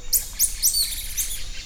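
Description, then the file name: Whiskered bat echolocation calls: several quick downward sweeps from very high to mid pitch, over a low rumbling background. "mystaxgps"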